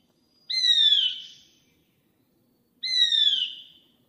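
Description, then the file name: Rufous-crowned laughingthrush giving two clear whistled notes that slide downward, separated by about a second of quiet. "台灣白喉噪眉"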